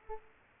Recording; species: mosquito wingbeat signal from an infrared sensor; Aedes aegypti